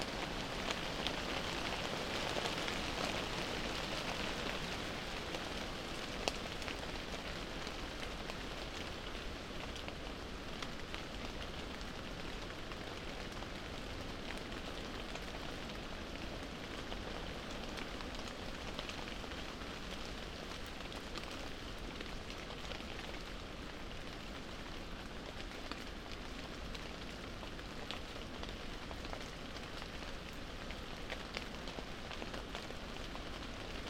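Steady rain patters densely on broad leaves, an even hiss with scattered brighter drips and a faint low rumble beneath throughout.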